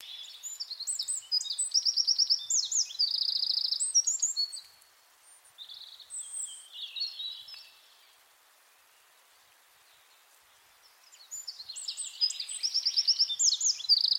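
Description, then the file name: Eurasian wren song: loud, rapid bursts of high trills and sharp notes, a fast rattling outpouring, pausing briefly before another long trilling phrase resumes. "Troglodytes troglodytes"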